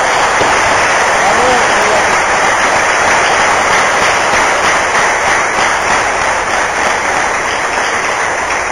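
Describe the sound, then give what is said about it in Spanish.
An audience at a church service applauds loudly and steadily in thanks to Jesus, dense overlapping clapping filling the whole stretch without pause, with a murmur of voices mixed into the crowd noise. “Oh, Señor Jesús, te alabamos, Señor, te damos gloria, y ahora le damos un aplauso, Señor, de agradecimiento a ti, Jesús.”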